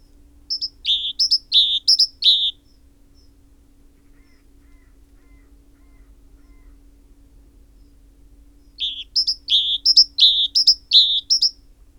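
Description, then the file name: Great tit, a quick burst of several paired notes, each bright high note slurring down to a lower one, repeated after a pause of about six seconds over a faint steady hum. "Parus major"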